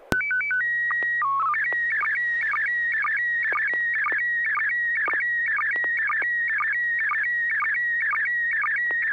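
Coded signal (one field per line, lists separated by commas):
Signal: SSTV (slow-scan television)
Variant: PD 120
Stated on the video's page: Weekly SSTV net on an FM repeater on 441.300 MHz in Sacramento, California.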